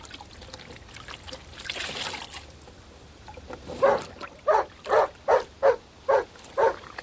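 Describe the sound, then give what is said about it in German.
A tame dog lets out a quick run of about seven loud, sharp barks, coming after several seconds of soft hissing, trickling background noise with no one speaking. “Der Hund? Er ist zahm. Hör auf, komm her. Sei ruhig.”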